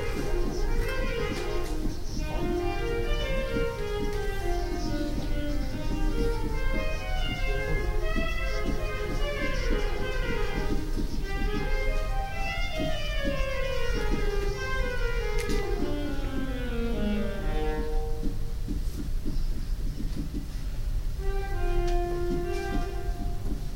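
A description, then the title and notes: A girl practices the saxophone in a library sound booth, playing quick scale-like runs that climb and fall in a steady stream for most of the clip. After about eighteen seconds the playing thins out into a few held notes over a constant low hum. Recording of a girl practicing the saxophone in the special sound booth of the public library.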